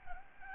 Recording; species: mosquito wingbeat signal from an infrared sensor; Aedes albopictus